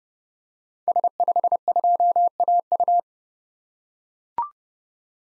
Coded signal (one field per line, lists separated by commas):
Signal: Morse code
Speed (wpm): 31 wpm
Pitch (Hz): 700 Hz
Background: none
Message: S52AU